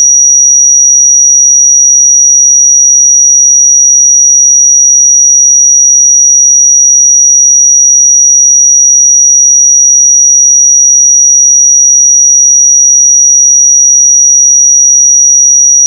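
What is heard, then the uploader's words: A pure 5781 Hz sine tone holds perfectly steady and bright for the full sixteen seconds, a single unwavering whistle with no other sounds. 5781 Hz 1 Hz Interval Sine Pure Tone Frequency 441000 Sample Mono.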